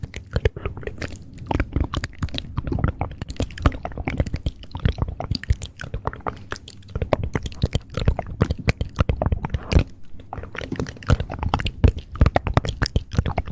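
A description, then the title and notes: Rapid mouth sounds run without pause for the whole stretch: wet clicks, smacks and crunchy chewing-like bursts packed closely together at a quick, uneven pace. Each snap is sharp and bright over a soft low rumble, with a few slightly louder pops scattered throughout. ASMR ReZero Rem Cosplay Fastest Mouth Sounds.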